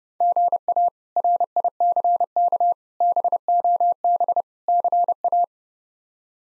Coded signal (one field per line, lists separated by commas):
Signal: Morse code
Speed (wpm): 30 wpm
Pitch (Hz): 700 Hz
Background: none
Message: GA RICK BOB CA